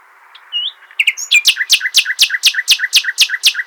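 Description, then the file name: Common nightingale song: a soft whistled note, then a quick, steady series of repeated sweeping chirps, about four per second. "Luscinia megarhynchos"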